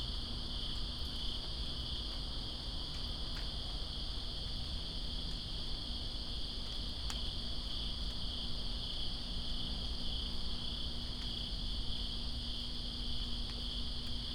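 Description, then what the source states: Crickets sing a continuous high, ringing chorus against a dense wash of falling rain with a few louder drops. Crickets calling during rain in Greensboro on 2 September 2017.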